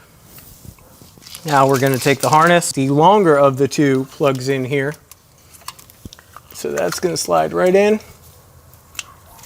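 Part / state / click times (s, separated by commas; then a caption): wiring harness plug into vehicle connector / seated / 9.0 s. Someone talks while the longer plug of a step-light wiring harness from a pod-hole step kit for a 2019–2024 Silverado and Sierra is pushed into its mating plastic connector on the truck. A sharp click at 9.0 s marks the plug seating, after which the gray connector lock is locked down.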